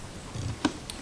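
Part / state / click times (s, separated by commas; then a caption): wire connectors into fuel pump housing / seated / 0.7 s, 0.9 s. Two wire connectors on a BMW 700/800 motorcycle fuel pump housing are pressed down by hand into their plastic sockets during a fuel pump replacement. A soft low rumble of handling comes first, then two sharp clicks at 0.7 s and 0.9 s. Both connectors seat.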